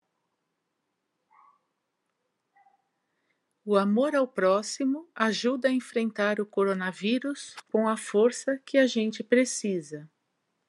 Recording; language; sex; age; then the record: spoken sentence; Brazilian Portuguese; female; 50 to 59 years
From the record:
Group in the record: control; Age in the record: 52 years